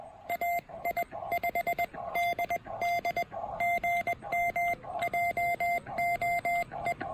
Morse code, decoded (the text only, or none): AI5DD GM JOE